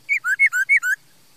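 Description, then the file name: Laughingthrush song: six loud whistled notes alternating between a higher and a lower pitch in quick, steady succession, then silence. "Tieng khuou hot"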